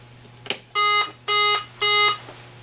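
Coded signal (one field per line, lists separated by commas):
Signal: beep code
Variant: Atari Centipede arcade board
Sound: three short buzzy beeps, evenly spaced, after a click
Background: low hum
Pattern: 3 short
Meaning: Three beeps in self-test mean bad RAM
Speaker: 1 2 3. Let's reset. Three beeps. See, I don't even need the fluke. This is going to tell us exactly what it is. Three beeps. So, I need to go to the manual, see what three beeps means. And that's going to be a bad RAM.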